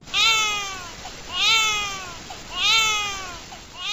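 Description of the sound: A newborn of German-speaking parents gives three high, strained wails about 1.2 seconds apart, each starting high and sliding down in pitch. This falling cry melody reflects the intonation of the German language, picked up before birth, and sounds like an ordinary, regular baby cry.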